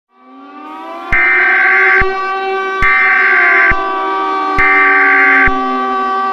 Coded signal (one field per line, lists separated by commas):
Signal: Emergency Alert System (SAME) tones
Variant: header bursts